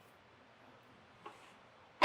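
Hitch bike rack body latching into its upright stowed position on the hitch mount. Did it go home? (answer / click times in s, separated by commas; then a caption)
yes / 2.0 s. A hitch-mounted Kuat Piston Pro 3-bike rack on a 2024 Mitsubishi Outlander has its tilt lever pulled, and the heavy metal rack is pushed up into its upright stowed position. After near silence and a faint tap at 1.3 s, a sharp, loud click at 2.0 s marks the latch seating and the rack locking in place.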